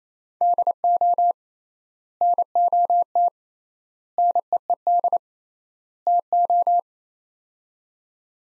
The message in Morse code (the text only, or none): DO NOT NEED TO